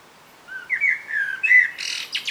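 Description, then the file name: Common blackbird song: a low fluty warble sliding between notes, then a burst of high, squeaky twittering at the end. "Turdus merula"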